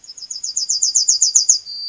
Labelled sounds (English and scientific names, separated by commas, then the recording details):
Yellowhammer (Emberiza citrinella) song
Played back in forest
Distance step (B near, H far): B
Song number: 118